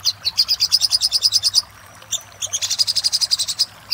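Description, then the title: Little spiderhunter song: rapid high chattering notes in two bursts, with a short thin whistle between them. Master recording used for training cage birds. "Masteran Burung Sogok Ontong Labaik"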